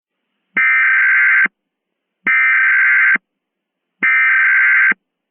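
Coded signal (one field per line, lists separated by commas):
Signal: Emergency Alert System (SAME) tones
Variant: header bursts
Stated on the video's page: Simulated mock EAS scenario with random content, not a real alert.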